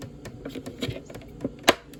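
The detached inner plastic lens cap of a 2003–2005 Honda Pilot tail light assembly is worked back into place, with a series of small plastic taps and rattles as it is pushed. A sharp, loud snap at 1.7 s marks the cap seating back into the assembly, followed by quieter handling noise.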